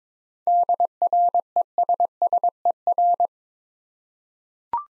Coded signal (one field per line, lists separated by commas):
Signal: Morse code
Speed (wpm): 22 wpm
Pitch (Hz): 700 Hz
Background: none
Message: DRESSER